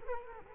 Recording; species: mosquito wingbeat signal from an infrared sensor; Culex quinquefasciatus